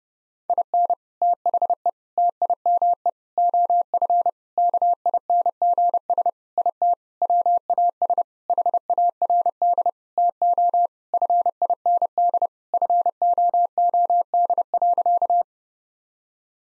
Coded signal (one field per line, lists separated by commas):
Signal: Morse code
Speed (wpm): 30 wpm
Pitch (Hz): 700 Hz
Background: none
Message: IN THE TIME OF KINGS IT WAS HARD TO FIND FOOD.